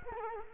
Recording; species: mosquito wingbeat signal from an infrared sensor; Culex quinquefasciatus